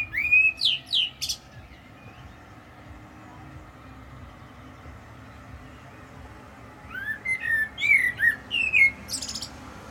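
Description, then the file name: Common blackbird sings two fluting phrases, each a few flowing whistles ending in a sharp high twitter, with a quiet pause between them. "Turdus merula"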